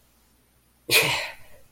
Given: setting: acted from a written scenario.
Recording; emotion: vocal sound without words; triumph